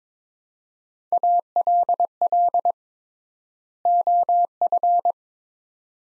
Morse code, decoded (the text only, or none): ALL OF